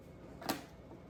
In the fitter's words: Another satisfying click of a lid.